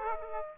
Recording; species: mosquito wingbeat signal from an infrared sensor; Aedes aegypti